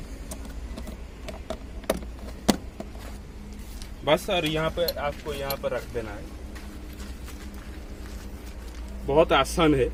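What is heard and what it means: After the spare wheel winch of a Safari or Harrier has been tightened, a plastic access cover is pressed back into its opening in the car's trim panel over the winch. Sharp snaps at 1.9 s and 2.5 s mark the cover seating into place, after faint handling ticks. Someone then talks.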